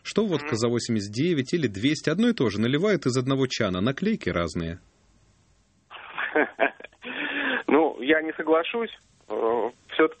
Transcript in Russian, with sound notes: «Что водка за 89 или 200 – одно и то же, наливают из одного чана, а наклейки разные». (смеется)
Ну, я не соглашусь. Все-таки,